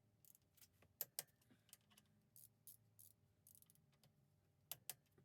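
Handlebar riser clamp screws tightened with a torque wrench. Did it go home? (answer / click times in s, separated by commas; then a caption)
yes / 1.0 s, 1.2 s, 4.7 s, 4.9 s. A torque wrench set to 23 Nm tightens the handlebar riser clamp screws on a V-Strom motorcycle, the front screw first and then the rear one. Each screw gives a sharp double click as the wrench breaks over, at 1.0 and 1.2 seconds and again at 4.7 and 4.9 seconds, with faint metallic handling sounds in between. Both screws reach the set torque.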